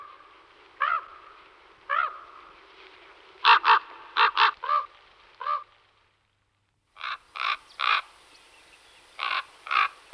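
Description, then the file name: Common raven croaking calls, deep harsh caws given singly and in quick clusters of two or three, with a short pause midway. "Krkavec velky Corvus corax"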